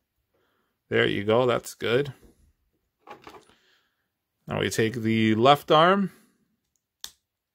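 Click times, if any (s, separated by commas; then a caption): 7.0 s. Someone talks while pushing the left plastic arm of a Marvel Legends Stilt-Man build-a-figure into the shoulder port of its torso. A sharp snap is heard at 7.0 s as the arm pops right in and seats, staying put in the socket.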